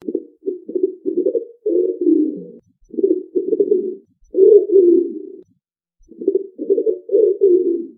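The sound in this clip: Bird cooing: low, soft hooting notes grouped in short runs, separated by brief silent pauses.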